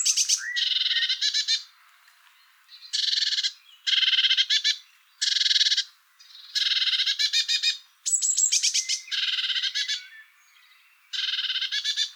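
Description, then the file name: Eurasian blue tit giving harsh churring scold calls, rapid buzzy bursts of about half a second to a second, repeated with short gaps; thin whistled notes between. "Cyanistes caeruleus"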